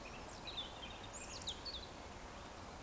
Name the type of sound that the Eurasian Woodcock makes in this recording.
whistle